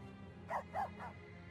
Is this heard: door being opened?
no